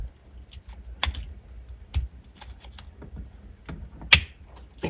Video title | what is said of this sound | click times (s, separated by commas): Prius 2004 2005 JBL Bypass Harness Installation (READ DESCRIPTION!) | is the harness that goes to the rest of the speakers in the car and you just plug it in make sure it clicks all right now the other side | 4.1 s